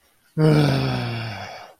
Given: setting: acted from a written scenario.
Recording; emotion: vocal sound without words; contempt